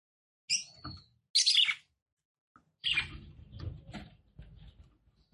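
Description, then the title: Red-cowled cardinal song in short separate bursts: two sharp high chirps, then a longer, softer run of scratchy twittering notes fading out, over a low background hum. Female song, described as fiery and nervous, said to heat up and excite a male quickly. "CANTO DA FÊ MEA GALO CAMPINA FOGOSA LEVANTA FOGOESQUENTA GALO CAMPINA MACHO RAPIDINHO FÊ MEA NERVOSA"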